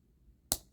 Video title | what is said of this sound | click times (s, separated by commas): Blokees Galaxy Version Defender: Build Session 1 | H installing all of these boy that's a satisfying snap just like t | 0.5 s